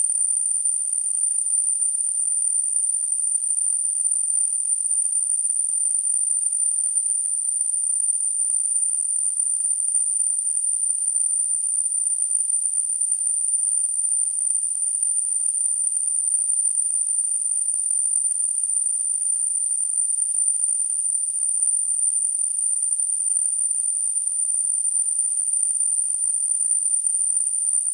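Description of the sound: A steady, very high-pitched whistle with a faint surrounding hiss holds unchanged for the full 28 seconds, with no pulsing or breaks. This simulates tonal tinnitus, the constant ringing heard in the ears without an outside source.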